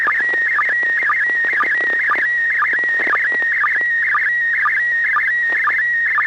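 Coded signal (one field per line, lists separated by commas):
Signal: SSTV (slow-scan television)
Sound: warbling tone near 2 kHz with short regular low blips, like a chirping scan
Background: low steady hum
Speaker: have a good copy here we'll let Bob comment first n6 tgq okay well we have uh what looks like three apples on the top and an apple and a half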